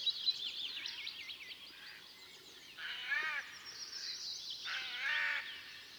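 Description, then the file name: Eurasian jay uttering two coarse, grating screeches a couple of seconds apart, while small birds twitter and warble continuously behind. "Garrulus glandarius"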